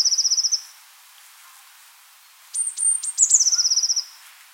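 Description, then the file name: Eurasian blue tit calling: a rapid run of very high, thin repeated notes, then a few sharp high chips followed by another quick high trill; otherwise quiet. "Cyanistes caeruleus"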